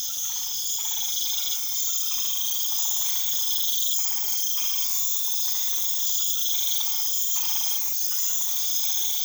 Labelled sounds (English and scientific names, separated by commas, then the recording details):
none
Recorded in pastures near Puerto Asís, Putumayo, Colombia, on 4 March 2025 at 23:30
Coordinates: 0.487, -76.322
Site G077